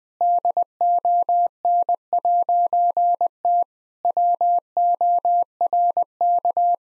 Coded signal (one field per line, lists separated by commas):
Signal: Morse code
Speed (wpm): 20 wpm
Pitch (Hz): 700 Hz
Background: none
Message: DON'T WORK